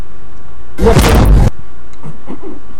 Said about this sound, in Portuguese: Ele gritou quando tava correndo do rojão. Pai e filho brincando de fogo de artifício nos Estados Unidos.